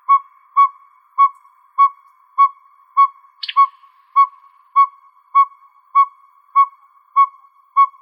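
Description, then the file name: Northern pygmy owl calling with a regular train of mellow whistled hoots, about every 0.6 seconds, interrupted once by a brief higher chatter. Recorded in Arizona on 28 May 2006. "NOPO 4 B deviche"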